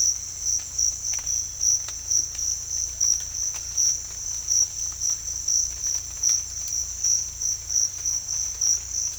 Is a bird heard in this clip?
no